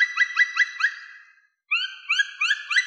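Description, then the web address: Black woodpecker calls: a quick run of about five ringing notes in the first second, a short pause, then another series of similar notes. "Dryocopus martius"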